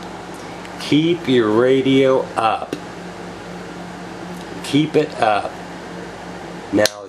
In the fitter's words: as that releases you hear that click the radio is free from the housing